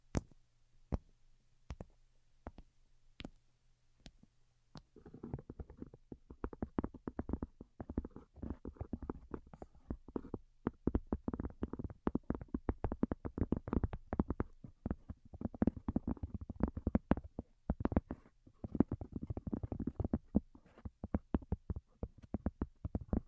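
Delicate tapping, sparse at first with single sharp clicks about every half second over a low steady hum. From around five seconds the taps turn fast and dense, a soft irregular patter of quick clicks with a muffled lower thump that continues to the end.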